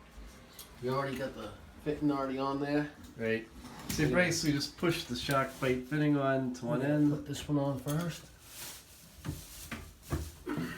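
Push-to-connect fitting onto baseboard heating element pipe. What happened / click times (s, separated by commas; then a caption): The fitting is being handled and has not yet seated / none. A SharkBite push-to-connect fitting is handled at the end of a baseboard heating element's pipe, ready to be pushed on, while someone talks. Short knocks of handling are heard near 9.3 s and 9.7 s. The fitting has not seated or snapped in place yet.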